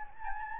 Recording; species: mosquito wingbeat signal from an infrared sensor; Anopheles gambiae